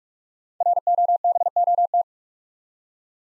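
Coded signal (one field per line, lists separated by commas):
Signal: Morse code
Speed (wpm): 44 wpm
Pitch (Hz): 700 Hz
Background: none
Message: ROBOT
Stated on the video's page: Morse code practice of easy words with contextual hints at 45 wpm.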